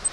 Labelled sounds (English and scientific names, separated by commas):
Grace's Warbler (Setophaga graciae) flight call